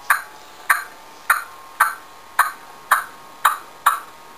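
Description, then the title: Partridge calling, sharp clicking notes repeated evenly about twice a second, each with a brief ringing tail. "Pavanegra. PERDIZ CANTANDO"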